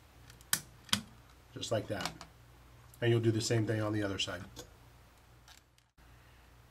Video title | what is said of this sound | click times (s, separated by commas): Phantom Controller Mod | going to want to push on the head of the connector until you hear it snap in place just like | 0.5 s